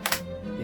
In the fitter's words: there it snaps right so now it's fixed